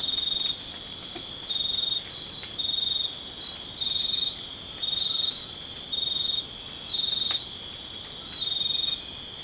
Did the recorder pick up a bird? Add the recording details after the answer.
no. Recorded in dense forest near Puerto Asís, Putumayo, Colombia, on 24 March 2025 at 00:00. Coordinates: 0.500, -76.322. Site GP06